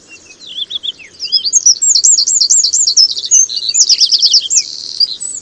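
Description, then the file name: Eurasian wren singing a loud, energetic stream of high looping notes and fast buzzy trills, rising in intensity after a softer opening. "Troglodytes troglodytes"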